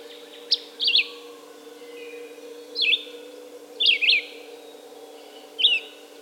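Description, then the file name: Red-eyed vireo song of short whistled phrases with sharp up-down slurs, four phrases spaced irregularly across six seconds, steady low hum behind. "red-eyed vireo song by jonathon jongsma"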